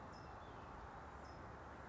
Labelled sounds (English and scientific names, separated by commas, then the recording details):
California Towhee (Melozone crissalis)
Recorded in Sonoma County, California